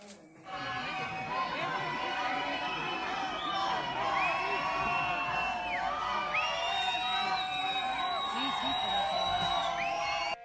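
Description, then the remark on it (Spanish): A dense crowd shouts continuously at an eviction of residents from a building at Argumosa 11 in Lavapiés, many voices overlapping in loud, sustained yells of shame and rising cries with a chant-like rhythm, the noisy roar holding steady for the whole stretch. “Bueno, entre gritos de vergüenza y otros gritos, se hace efectivo este desahucio de los vecinos de Lavapiés,”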